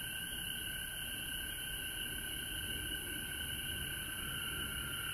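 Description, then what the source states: Many frogs in a constant chorus, high trills layered over a steady lower tone, with faint low background noise. Recorded at home in Georgia on March 19, 2020.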